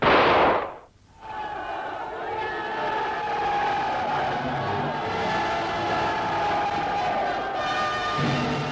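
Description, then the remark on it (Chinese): A crowd cheers in celebration of a guerrilla unit's battle victory in China, a steady, dense roar of many voices that holds at an even level for several seconds after a brief loud burst at the start. “在庆祝战斗胜利的欢呼声中，游击队又要奔赴新的战斗岗位。”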